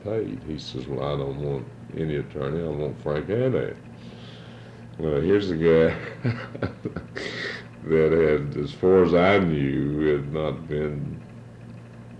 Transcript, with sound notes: He says, "well, I don't want any attorney. I want Frank Haddad. Well, here's the guy [chuckles] that had, as far as I knew, had not been--